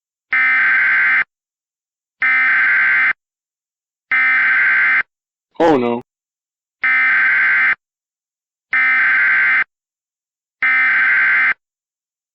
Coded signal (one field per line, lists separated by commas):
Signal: Emergency Alert System (SAME) tones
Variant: header bursts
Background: speech